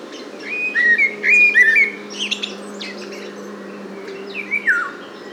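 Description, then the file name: Eurasian golden oriole song: clear, liquid whistles that dip and rise, a burst of phrases early, then a lone falling phrase near the end. "loriot"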